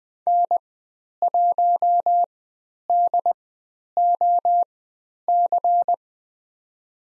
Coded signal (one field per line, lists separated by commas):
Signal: Morse code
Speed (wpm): 20 wpm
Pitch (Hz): 700 Hz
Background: none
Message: N1DOC